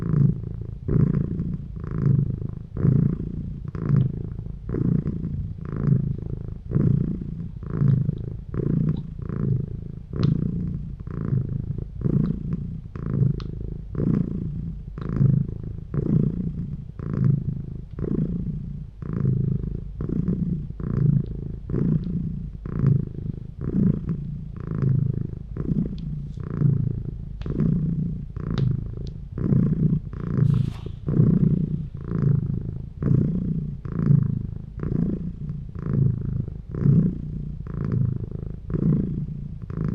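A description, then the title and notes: A cat purrs steadily for the whole stretch, a low, rumbling hum that swells and eases in a regular rhythm roughly once a second with each breath. The sound stays even throughout, with only faint soft clicks now and then. The good cat boy Bilbo purring.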